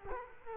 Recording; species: mosquito wingbeat signal from an infrared sensor; Culex quinquefasciatus